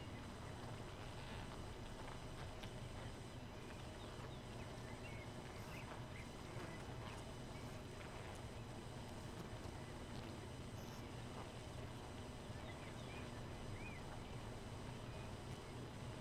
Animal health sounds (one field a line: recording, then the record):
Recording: honeybee colony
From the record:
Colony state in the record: missing queen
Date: 31 May 2018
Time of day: 2:51